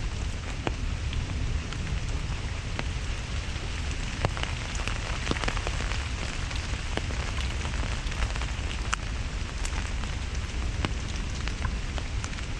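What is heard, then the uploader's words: Rain falls steadily in Central Park, a dense, even hiss that holds at the same level throughout. Sharp drip taps and splashes stand out irregularly every second or so over a low rumbling bed underneath. NYC Nature Rain Sounds ASMR.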